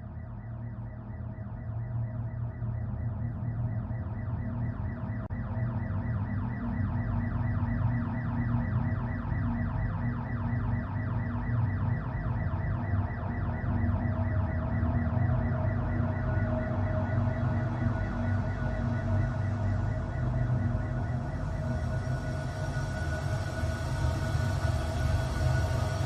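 A loud alarm blares without pause, its rapid pulsing warble repeating steadily like an emergency siren, growing a little harsher and brighter toward the end. No one speaks.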